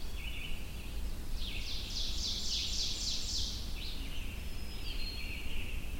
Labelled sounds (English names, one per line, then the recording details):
Ovenbird song
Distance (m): 50 m
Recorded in boreal forest in Alberta, Canada, on 22 June 2016 at 05:26
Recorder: SongMeter 3, array SBT-6-76
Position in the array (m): 149 m, 104 m
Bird 3